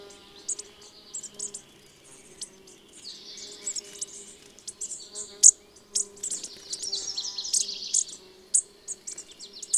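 Bird song: scattered, very high, thin chirps and twittering phrases, loudest around the middle and near the end, over a steady low hum.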